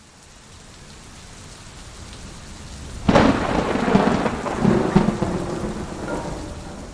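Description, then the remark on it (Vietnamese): Steady heavy rain hisses at night, around 8 pm, with strong wind, for a few seconds before a sudden loud crack of thunder bursts in, followed by rolling, rumbling thunder that lingers over the continuing downpour. No voices. “Lúc này khoảng 8 giờ tối, một đêm của tháng 7 âm lịch, trời mưa không dứt.”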